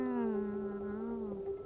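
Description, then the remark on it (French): A single long, drawn-out meow from the cat Mimi holds a steady low pitch for over a second and a half, rich and tonal, trailing off slightly at the end with no talking. “Miaou, miaou.”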